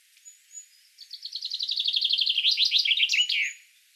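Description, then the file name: Common chaffinch singing: a few soft notes, then a loud run of repeated notes that drops in pitch and ends in a sharp flourish. "Fringilla coelebs"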